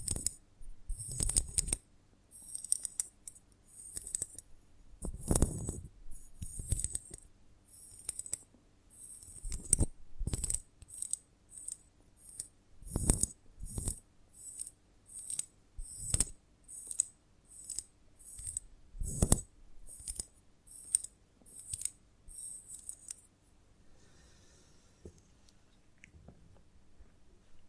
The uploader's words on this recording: ASMR of a Honeycomb on Branch (No Talking).